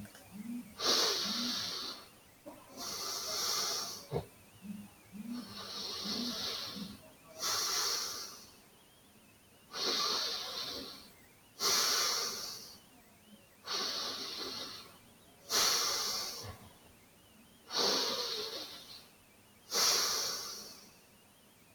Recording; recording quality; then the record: deep breathing; excellent, no background noise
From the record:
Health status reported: recovered from COVID-19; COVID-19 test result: negative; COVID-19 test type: RT-PCR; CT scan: taken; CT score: 5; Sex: male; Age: 49 years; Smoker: no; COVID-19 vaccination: both doses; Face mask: not worn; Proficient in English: yes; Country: India